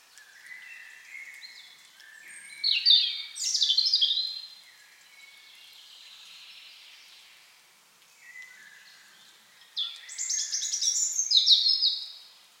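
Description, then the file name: European robin song in two bursts of tinkling, high-pitched warbles and trills, separated by softer, faint twittering. "Erithacus rubecula"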